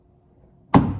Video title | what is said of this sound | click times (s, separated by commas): Corvette Roof Panel How To Install For 1997-2004 C5 Corvettes --- & Unboxing | a little bit of pressure should snap into place | 0.7 s